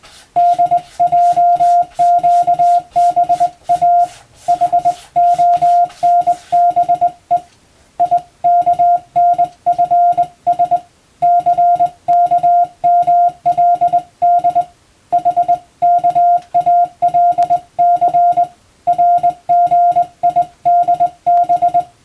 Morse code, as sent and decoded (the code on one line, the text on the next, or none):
-.. .--- --.- -... .- / .... --- -. -... . / .. -.- -. ..-. ... / -.-. -.- -- .-.. -.. / .... -.- .- .-.. -.-. / .-. --. .. -.. -...
DJQBA HONBE IKNFS CKMLD HKALC RGIDB